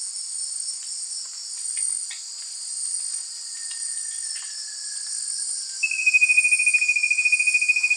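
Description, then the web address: Rufous-capped antthrush song beginning late: a quick, steady trill of sharp notes at one pitch, under a continuous high-pitched insect chorus heard throughout. Song; South America, eastern lowlands. "Natures Songs S America Eastern Lowlands Formicarius colma, song"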